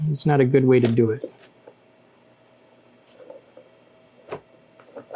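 Someone talks briefly, then a small screw is pressed with light fingertip pressure into the plastic mount of a foam RC jet airframe, making only faint rubbing and soft tapping sounds. The screw fails to start straight in its hole, and nothing has seated or clicked.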